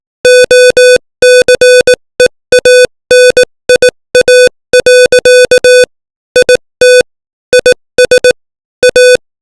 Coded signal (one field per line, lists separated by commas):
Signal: Morse code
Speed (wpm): 18 wpm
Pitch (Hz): 500 Hz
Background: music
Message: OCEANIA. IT IS A